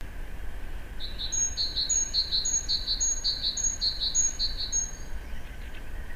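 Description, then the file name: Great tit singing a repeated two-note phrase, high and clear, over and over about twice a second for several seconds. A steady hiss and low rumbling background are present. "Parus major"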